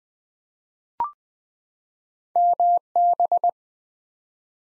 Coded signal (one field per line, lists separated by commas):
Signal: Morse code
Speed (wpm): 20 wpm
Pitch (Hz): 700 Hz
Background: none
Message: MB